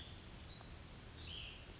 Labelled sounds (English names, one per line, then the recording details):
Cassin's Vireo
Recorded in Sonoma County, California